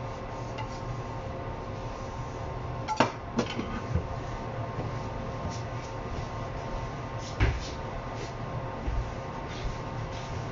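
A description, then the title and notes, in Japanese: Kitchen noises over a steady low hum with faint whining tones that runs the whole time. Sharp clatters break in around 3 seconds, again just after, and near 7.5 seconds, with a few softer knocks around 4 and 9 seconds. キッチンでの物音をお送りします。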